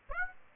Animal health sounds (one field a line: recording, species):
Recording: mosquito wingbeat signal from an infrared sensor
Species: Aedes aegypti